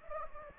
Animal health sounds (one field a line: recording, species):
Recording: mosquito wingbeat signal from an infrared sensor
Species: Anopheles gambiae